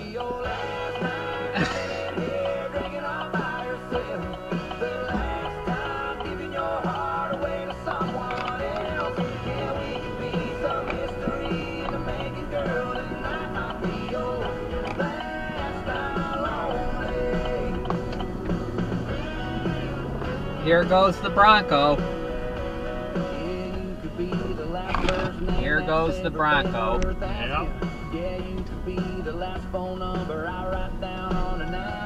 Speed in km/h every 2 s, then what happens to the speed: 0, 0, 0, 0, 11, 21, 26, 26, 26, 35, 47, 40, 24, 19, 21, 19.
0-7 standing. 7-12 pulls away to 26. 16-20 speeds up to 47. 20-32 slows to 19.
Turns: 12-18, 24-32.